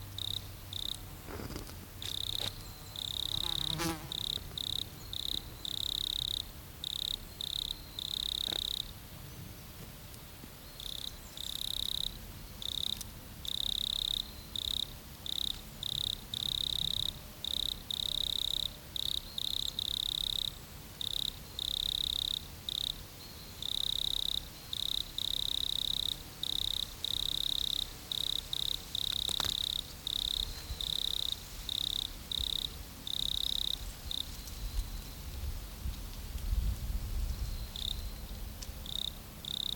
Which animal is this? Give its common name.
Wood Cricket